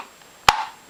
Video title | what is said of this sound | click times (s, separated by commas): G-Code Holsters & RTI Mounts | strong retention as it snaps into place lock | 0.5 s